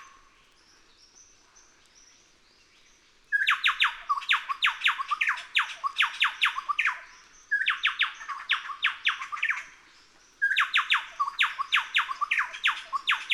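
Chowchilla song after a few quiet seconds: three long bursts of rapid, ringing notes, with brief pauses between.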